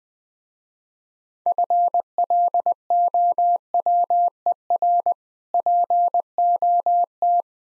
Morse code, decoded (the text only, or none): FLOWER POT